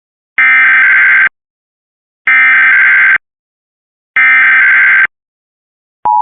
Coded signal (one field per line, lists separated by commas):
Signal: Emergency Alert System (SAME) tones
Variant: header bursts